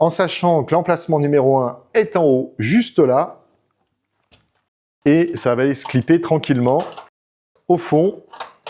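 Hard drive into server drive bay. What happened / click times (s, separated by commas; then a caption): The part is being slid in but has not seated yet; no latch click is heard / none. A SATA hard drive fitted with four screws is slid toward drive bay number one of a compact HPE ProLiant MicroServer Gen11 server chassis while someone talks. A few faint handling sounds are heard in the pauses between speech. Nothing has seated or clicked yet; the drive is not yet home.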